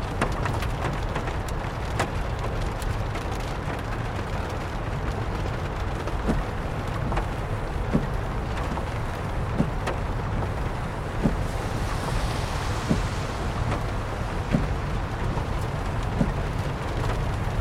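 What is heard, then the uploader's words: Rain patters on the roof of a car during a night drive, a steady low engine and road rumble filling the background. Sharper drops strike irregularly, a few every second, over a constant hiss, with a brief brighter swish around twelve seconds. Lay your seat back and relax on this long nighttime drive with rain pattering on the roof of the car. Rainy Car Drive Sounds.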